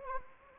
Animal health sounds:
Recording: mosquito wingbeat signal from an infrared sensor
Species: Anopheles arabiensis

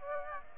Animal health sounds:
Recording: mosquito wingbeat signal from an infrared sensor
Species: Aedes aegypti

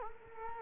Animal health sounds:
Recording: mosquito wingbeat signal from an infrared sensor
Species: Culex quinquefasciatus

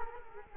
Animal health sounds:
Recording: mosquito wingbeat signal from an infrared sensor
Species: Culex quinquefasciatus

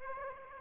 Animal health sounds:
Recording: mosquito wingbeat signal from an infrared sensor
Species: Aedes aegypti

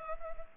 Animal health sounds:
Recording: mosquito wingbeat signal from an infrared sensor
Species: Culex pipiens

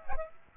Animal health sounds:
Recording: mosquito wingbeat signal from an infrared sensor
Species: Aedes aegypti

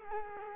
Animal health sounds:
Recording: mosquito wingbeat signal from an infrared sensor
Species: Culex quinquefasciatus

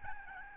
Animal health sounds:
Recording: mosquito wingbeat signal from an infrared sensor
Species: Aedes albopictus

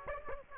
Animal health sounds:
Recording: mosquito wingbeat signal from an infrared sensor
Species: Aedes aegypti

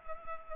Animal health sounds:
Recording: mosquito wingbeat signal from an infrared sensor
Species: Culex pipiens

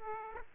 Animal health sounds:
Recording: mosquito wingbeat signal from an infrared sensor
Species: Aedes aegypti

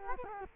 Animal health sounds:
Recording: mosquito wingbeat signal from an infrared sensor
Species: Culex quinquefasciatus

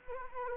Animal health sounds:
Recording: mosquito wingbeat signal from an infrared sensor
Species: Anopheles arabiensis

